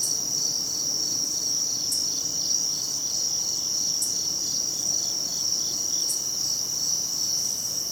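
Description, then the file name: Cricket song holding a steady high-pitched trill throughout, with softer pulsing insect sounds beneath and a sharp click about every two seconds. Recorded during the Herring Run Cricket Crawl on 7 September 2016. "thomas wilson Herring Run Cricket Crawl 5 of 6 2016-0907"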